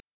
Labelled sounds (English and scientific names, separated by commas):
Black-throated Blue Warbler (Setophaga caerulescens) flight call